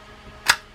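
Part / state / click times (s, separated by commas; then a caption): bail wire latching on a spinning fishing reel / seated / 0.5 s. The bail wire of a Mitchell 396 saltwater spinning fishing reel is flipped and gives a single sharp, bright click at 0.5 s over a quiet background. The bail latches into its set position, now working after the broken piece that had come off the click ratchet and caused the problem was dealt with.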